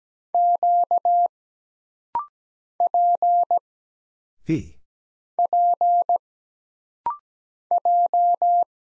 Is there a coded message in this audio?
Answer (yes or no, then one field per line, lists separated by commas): yes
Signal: Morse code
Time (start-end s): 0.3-8.6 s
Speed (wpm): 17 wpm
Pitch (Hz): 700 Hz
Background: none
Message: Q P P J